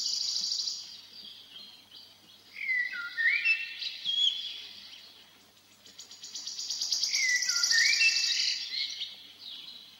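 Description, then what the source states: Eurasian blackbird song: low fluty whistled phrases ending in twitters, twice, overlapped by a fast, high, dry trill of another bird. Sings a little sadly; its song is interrupted by a wood warbler.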